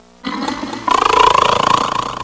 People snoring.